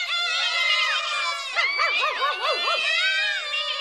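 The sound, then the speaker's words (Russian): Several voices imitate a cat's meow at once, overlapping in a continuous chorus of high, wavering cries whose pitch swoops up and down in quick repeated arcs; patients in a hospital in a reading of Nikolai Nosov's story Neznaika the Traveller (1961). “Кто сказал мяу?”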